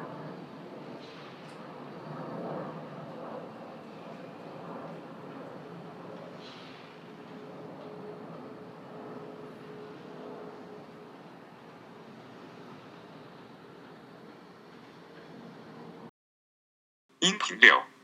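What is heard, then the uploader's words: Steady ambience in an examination room for a fine arts college entrance: a low, even rumble with a faint murmur of voices and small shuffling sounds for about sixteen seconds. The sound then cuts out, followed by a short burst of sharp, loud knocks near the end. 美术高考的考场/The examination room of fine arts college entrance（人造/广州/2016下午）.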